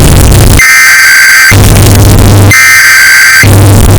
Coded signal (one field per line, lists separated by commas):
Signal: Emergency Alert System (SAME) tones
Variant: header bursts